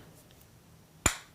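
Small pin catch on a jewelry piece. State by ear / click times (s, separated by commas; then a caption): seated / 1.1 s. A small pin catch on a piece of jewelry is snapped closed near the microphone and gives one sharp, crisp click at 1.1 s, and the catch is shut. Before the click there is only a low background hiss and a faint small tick at about 0.3 s.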